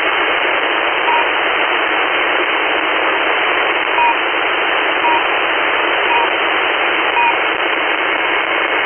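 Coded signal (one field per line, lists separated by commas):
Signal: unidentified radio signal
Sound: loud hiss with faint short two-tone beeps, about five, roughly a second apart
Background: radio static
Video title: Intermittent beeping signal at 6429 kHz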